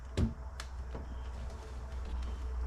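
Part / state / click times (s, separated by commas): exhaust hose window kit fitting into window slider bracket / seated / 0.2 s, 0.6 s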